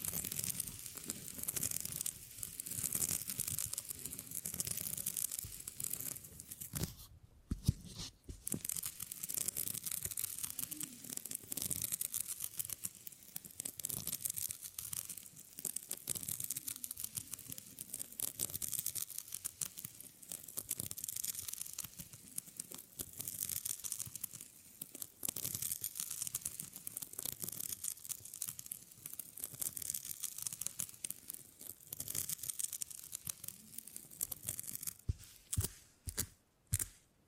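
Tingly sounds made with beeswax: a dense, steady run of sticky crackling and tearing noises, bright and hissy, with little pause. Around seven seconds the texture briefly drops out, and near the end it breaks into a few separate crackles before fading.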